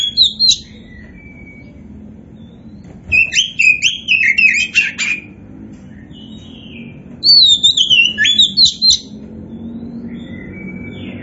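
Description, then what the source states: Oriental magpie-robin song: three bursts of rich, warbling whistles with quick sweeping notes, a faint low hum beneath. Indonesian variety kacer poci, described as gacor, singing vigorously.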